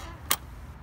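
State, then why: Seated. A firefighter leans his body weight on a closed door so the spring dead latch drops into the strike plate keeper. A single sharp click sounds at 0.3 s over a low background rumble, confirming that the dead latch has seated in the keeper.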